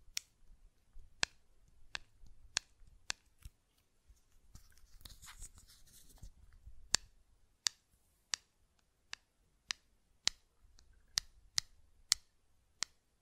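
Sharp button clicks sound one after another at a fairly steady pace, roughly every half to one second, each a crisp bright snap. Midway, around five to six seconds, a softer rustling, scraping patch briefly fills the gaps before the regular clicking resumes.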